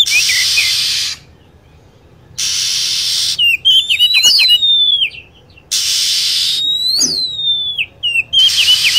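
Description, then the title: Lovebird calling with high, sharply bent whistles in two busy bursts, separated by blocks of loud hissing noise. Recording used as a bird lure (pikat) to attract birds. "PIKAT BURUNG LOVEBIRD"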